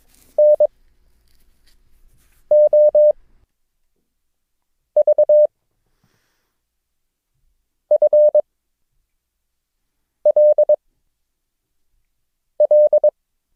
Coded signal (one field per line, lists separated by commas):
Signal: Morse code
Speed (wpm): 22 wpm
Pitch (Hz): 600 Hz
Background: none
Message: N O V F L L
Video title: Morse Code – O, G, Q - lesson 7